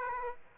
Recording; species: mosquito wingbeat signal from an infrared sensor; Aedes aegypti